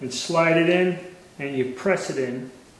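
A shell holder's flange is slid into the slot in a reloading press ram and pressed in by hand while someone talks. The clip ends just before the part goes home, so nothing has seated or clicked yet.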